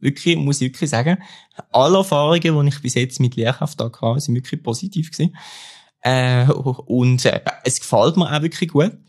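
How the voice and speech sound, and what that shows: An adult man, a singer who sings fluently but stutters when he speaks, talks in German at a moderate pace, mostly fluently. Near the end, a drawn-out vowel, a long hiss of airflow and a creaky, stretched start to "und" break the flow. These prolongations and blocks are stuttering.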